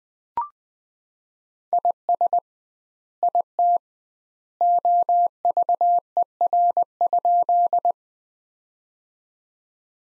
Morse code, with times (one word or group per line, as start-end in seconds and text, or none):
1.7-2.4 IS
3.2-3.8 IT
4.6-7.9 OVER?